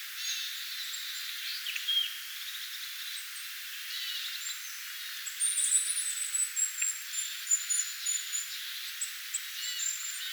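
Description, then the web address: Tits chattering in a group: scattered chirps early, then long, very high thin seeps and a burst of louder repeated notes midway. Flock of tits, recorded 25 October 2024. "25 10 2024 tiaisparvi"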